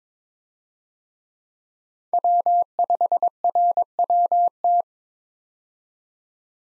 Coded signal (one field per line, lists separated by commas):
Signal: Morse code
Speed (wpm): 22 wpm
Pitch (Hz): 700 Hz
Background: none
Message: W5RWT